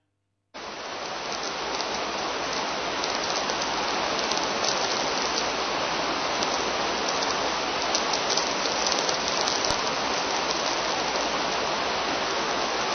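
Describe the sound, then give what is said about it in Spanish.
Dense, steady hiss and crackle like heavy rain or static, starting abruptly and holding an even level throughout with faint rapid popping texture; radio interference picked up on a radio from a storm on Jupiter. “Es que son interferencias de una tormenta en Júpiter.”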